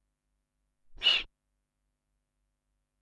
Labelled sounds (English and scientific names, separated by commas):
Alpine Ibex (Capra ibex)